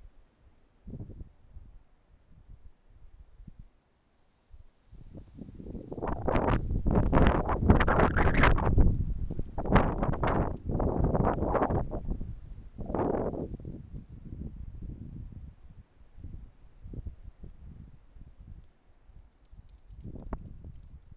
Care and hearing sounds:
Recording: everyday scene through a hearing-aid microphone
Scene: wind on the microphone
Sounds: wind, traffic, birds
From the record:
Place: suburban garden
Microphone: behind the ear, right, rear

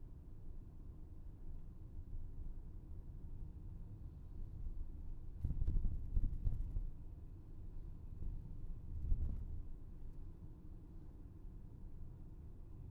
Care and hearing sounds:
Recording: everyday scene through a hearing-aid microphone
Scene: in a vehicle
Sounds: engine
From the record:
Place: VW T5 Caravelle, diesel engine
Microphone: behind the ear, left, front

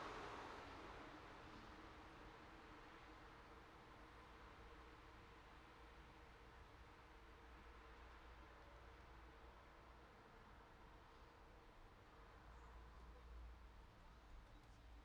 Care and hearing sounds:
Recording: everyday scene through a hearing-aid microphone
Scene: in traffic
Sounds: traffic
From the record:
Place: city secondary road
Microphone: in the ear canal, right

